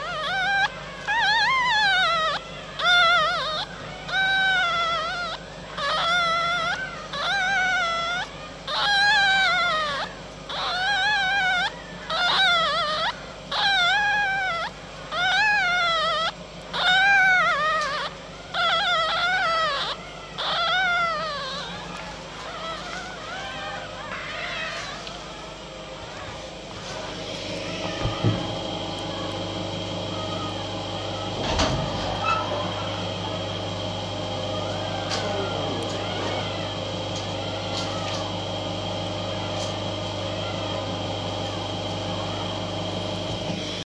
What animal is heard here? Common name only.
Red Fox